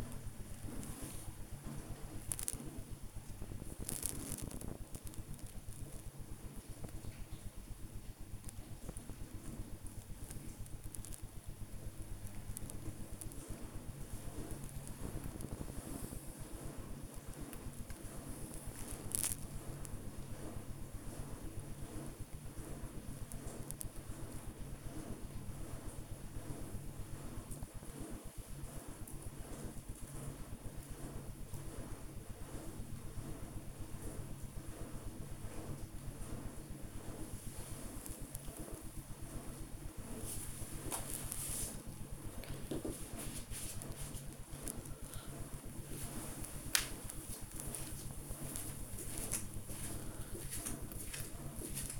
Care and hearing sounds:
household activities, microphone on the right wrist
0.00-32.23 s: working on the computer
35.26-52.00 s: working on the computer

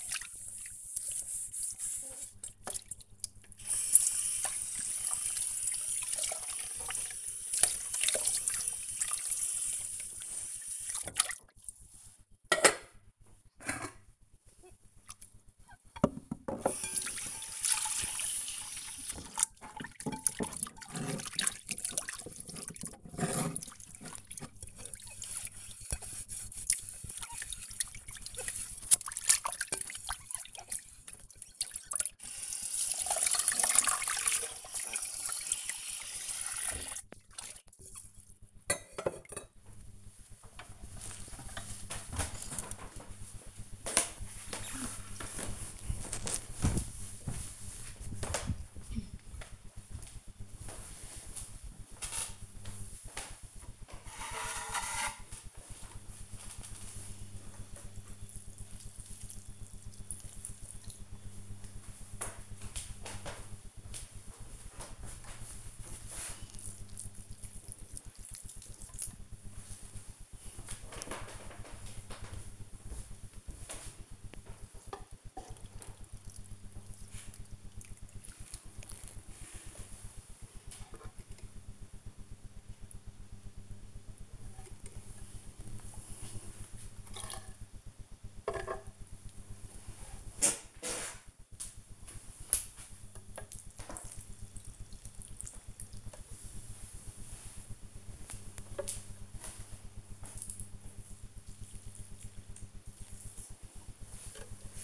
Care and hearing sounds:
household activities, microphone on the right wrist
0.00-38.14 s: washing dishes
52.24-104.84 s: watering plant

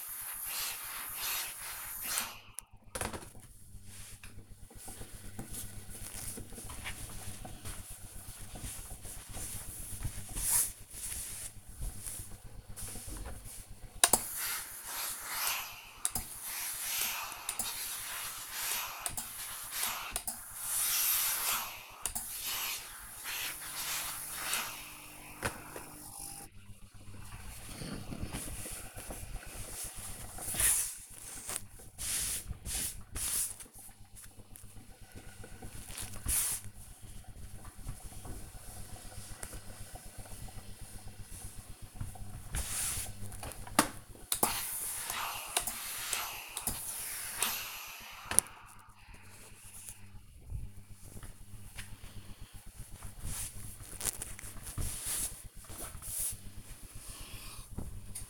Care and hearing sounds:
household activities, microphone on the right wrist
0.00-55.51 s: ironing laundry

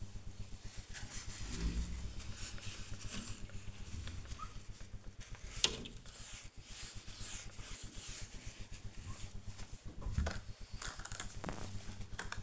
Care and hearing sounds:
household activities, microphone on the right wrist
0.00-9.07 s: window cleaning

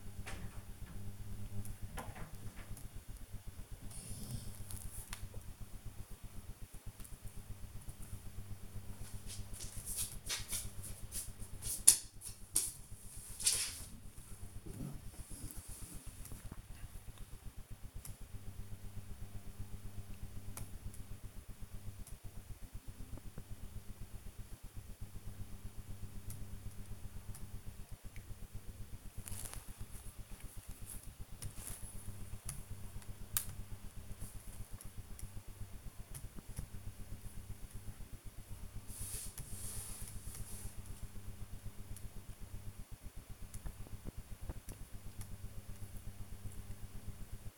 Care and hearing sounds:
household activities, microphone on the right wrist
0.00-47.58 s: working on the computer

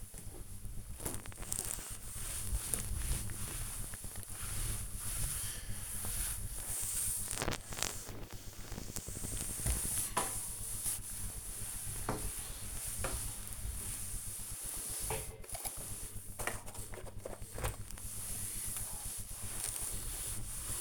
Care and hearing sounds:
household activities, microphone on the right wrist
0.00-20.81 s: cleaning table

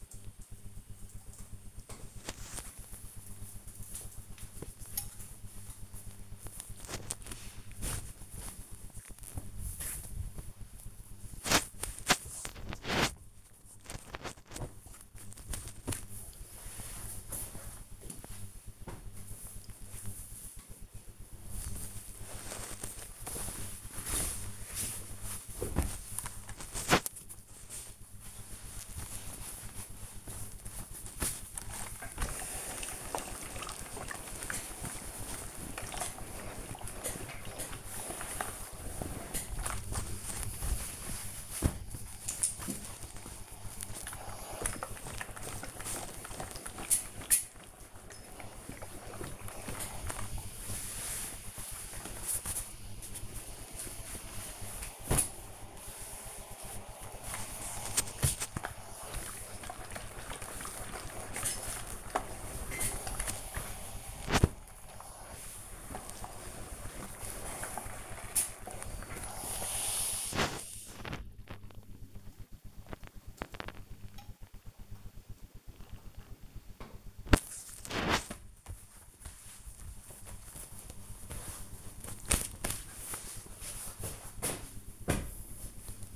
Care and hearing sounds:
household activities, microphone on the right wrist
1.09-19.15 s: folding laundry
20.16-71.34 s: ironing laundry
76.36-86.16 s: folding laundry

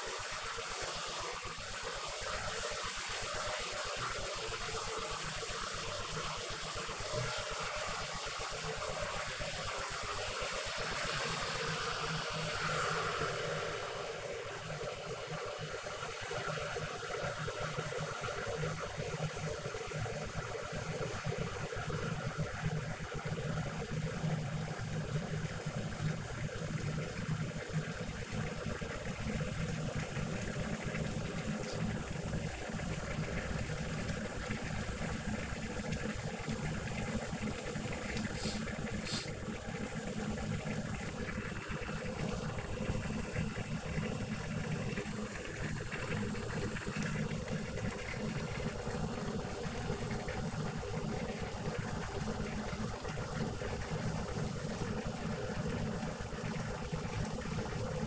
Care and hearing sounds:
household activities, microphone on the right wrist
0.00-58.07 s: making tea

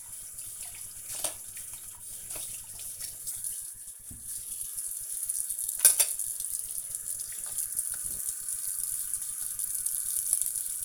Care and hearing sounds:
household activities, microphone on the right wrist
0.00-10.85 s: washing dishes

